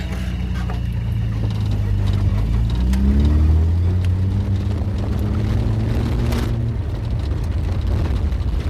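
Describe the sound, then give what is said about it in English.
A patrol car drives along a road to check what was thrown from a window, its engine a steady low drone with tones that rise and shift as it changes speed, over a constant rumble of tyre and road noise. “Well, at the moment we're going down the road here.”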